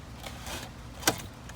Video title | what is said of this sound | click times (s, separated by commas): How to Install New Hayward Automatic Chemical Feeder. | you hear that click or the push on that tab | 1.1 s